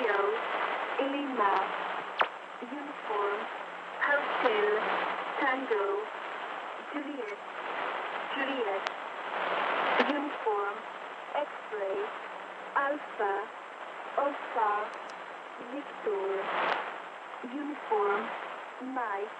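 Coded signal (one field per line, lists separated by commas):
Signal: numbers station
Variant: E10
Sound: a voice reading phonetic-alphabet letters one by one, evenly spaced, through heavy hiss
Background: radio static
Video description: Another recording of E10, but this one is coming in particularly strong.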